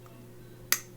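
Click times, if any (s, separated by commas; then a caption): 0.7 s. The M390 blade of a QSP Penguin Plus slipjoint pocketknife with a jigged titanium handle is closed and drops into its detent in the handle. After a quiet lead-in with only a faint tick, a single sharp, loud click sounds at 0.7 s and decays quickly. The blade is seated shut on the detent.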